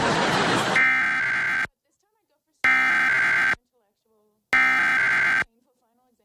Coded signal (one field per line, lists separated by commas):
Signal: Emergency Alert System (SAME) tones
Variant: header bursts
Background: speech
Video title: KTLA-TV Required Weekly Test (EAS #1204-1205) 9/13/23